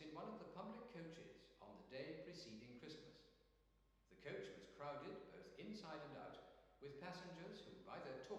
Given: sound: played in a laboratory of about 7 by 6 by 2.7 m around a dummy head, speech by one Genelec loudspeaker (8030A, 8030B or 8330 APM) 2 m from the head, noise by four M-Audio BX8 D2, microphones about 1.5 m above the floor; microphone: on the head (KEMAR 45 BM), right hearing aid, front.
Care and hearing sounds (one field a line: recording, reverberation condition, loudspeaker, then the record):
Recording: male speech in English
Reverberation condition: high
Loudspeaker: 90 degrees to the right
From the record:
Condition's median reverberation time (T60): about 1300 ms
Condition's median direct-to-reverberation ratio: about -4.0 dB